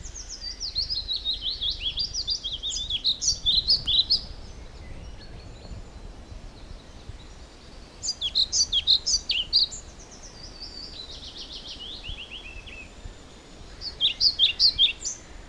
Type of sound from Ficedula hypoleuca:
song